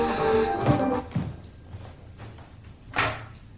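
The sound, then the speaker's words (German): A telephone rings in a short burst over the faint theme music of a television program, then gives way to soft clicks and a brief clattering rustle. “Mitten hinein in die Erkennungsmelodie des texanischen Schurkenmelodrams klingelte das Telefon.”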